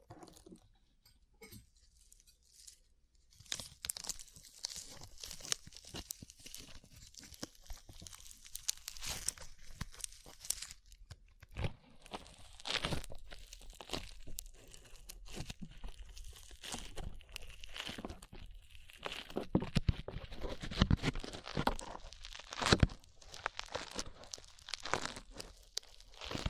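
Sticky slime being squished and pulled, with wet crackling, snapping and popping sounds in quick irregular bursts. After a nearly silent first three seconds, the squelches grow denser and louder, with sharp pops standing out around twenty and twenty-three seconds.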